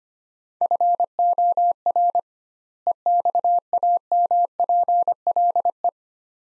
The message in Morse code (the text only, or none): FOR EXAMPLE